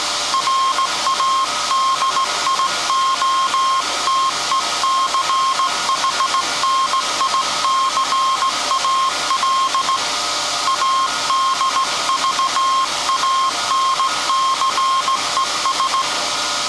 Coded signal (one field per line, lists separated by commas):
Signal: Morse code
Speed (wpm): 17 wpm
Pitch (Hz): 1070 Hz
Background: none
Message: RADIOTECHNICAL ADVANCES